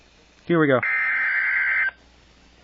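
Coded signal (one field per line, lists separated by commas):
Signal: Emergency Alert System (SAME) tones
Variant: header bursts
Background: speech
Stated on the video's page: Tornado warning received from NOAA weather radio station.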